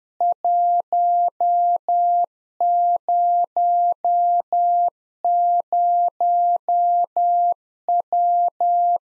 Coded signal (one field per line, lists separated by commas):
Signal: Morse code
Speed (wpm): 10 wpm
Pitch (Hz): 700 Hz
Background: none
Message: 100W